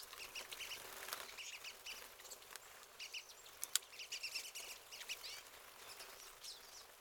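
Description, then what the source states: Pine siskins calling as a flock, dense overlapping high twittering and chirping notes, with one sharp louder chip near the middle. Several pine siskins.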